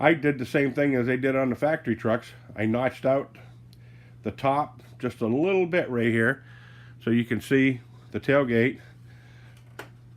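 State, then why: Seated. A plastic tailgate is fitted into the rear opening of a hard RC scale truck body, whose top has been notched out a little, and pressed home while someone talks. A sharp snap at 9.8 s marks the tailgate seating in place.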